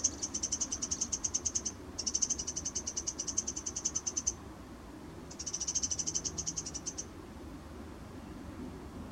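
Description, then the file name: Eurasian wren producing three bursts of quick, high-pitched ticking notes separated by short pauses, then quiet. "Troglodytes troglodytes"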